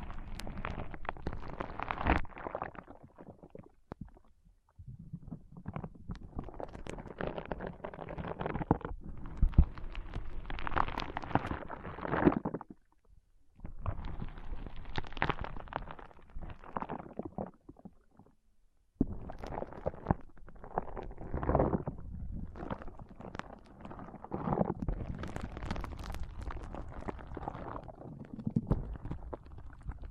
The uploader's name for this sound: ASMR Powerful Foam Brain Massage